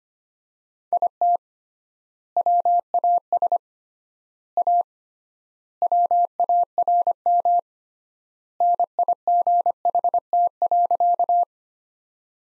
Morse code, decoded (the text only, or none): IT WAS A WARM NIGHT.